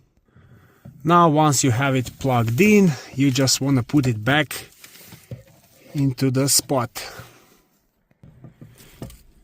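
A plugged-in replacement humidity sensor module on a Dodge Charger/Chrysler 300 is moved back into its windshield mount and lined up before being pushed in. Someone talks, with a few faint handling taps around 4.8–5.3 s and 8.1–9.1 s. Nothing has seated or clicked yet.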